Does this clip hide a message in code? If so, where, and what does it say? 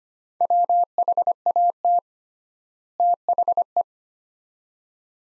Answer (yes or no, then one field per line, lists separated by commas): yes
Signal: Morse code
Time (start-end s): 0.4-3.8 s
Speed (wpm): 25 wpm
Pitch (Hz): 700 Hz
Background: none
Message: WHAT THE